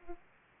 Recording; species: mosquito wingbeat signal from an infrared sensor; Aedes aegypti